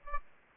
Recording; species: mosquito wingbeat signal from an infrared sensor; Aedes albopictus